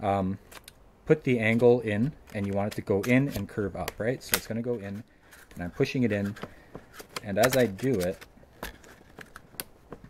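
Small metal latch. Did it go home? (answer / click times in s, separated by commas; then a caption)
released / 9.6 s. A thin card is pushed into the slot at the hinge of a monitor stand to release its internal locking latch while someone talks. A few small, sharp ticks follow, and the tiny click of the latch releasing comes at 9.6 seconds, which is enough to free it.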